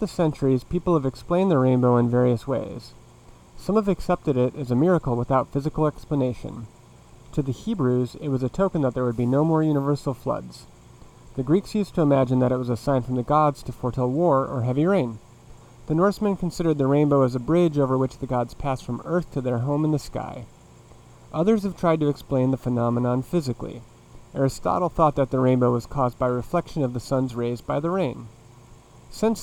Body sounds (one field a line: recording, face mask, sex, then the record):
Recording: reading aloud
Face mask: none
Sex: male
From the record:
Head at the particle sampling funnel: facing it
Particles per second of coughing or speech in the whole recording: 2.32